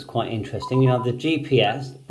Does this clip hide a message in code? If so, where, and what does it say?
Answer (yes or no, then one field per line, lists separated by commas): no